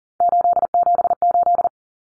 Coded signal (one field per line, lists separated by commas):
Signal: Morse code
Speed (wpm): 40 wpm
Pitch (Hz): 700 Hz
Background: none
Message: 878